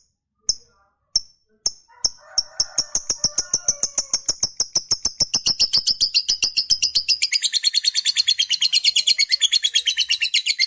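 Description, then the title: Lovebird chatter starting as separate sharp clicks that speed up steadily into a fast, continuous, buzzy high-pitched trill lasting several seconds. Fighter-type lovebird performing a long chattering call, called ngekek panjang. "Begitu Dengar Suara Lovebird FIGHTER NGEKEK PANJANG"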